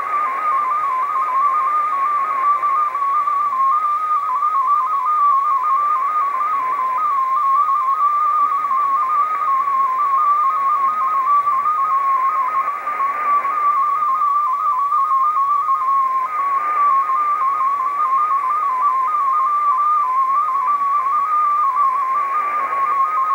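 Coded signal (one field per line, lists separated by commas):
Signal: multi-tone FSK (Olivia or MFSK type)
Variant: MFSK16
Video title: Full W1AW MFSK16 digital bulletin decode on 80 meters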